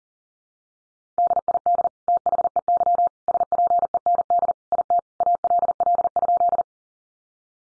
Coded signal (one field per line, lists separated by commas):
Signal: Morse code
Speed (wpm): 40 wpm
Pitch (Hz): 700 Hz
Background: none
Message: DID THEY SPEND IT ALL?